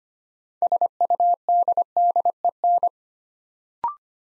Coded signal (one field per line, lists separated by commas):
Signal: Morse code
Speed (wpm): 25 wpm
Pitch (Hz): 700 Hz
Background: none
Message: SUDDEN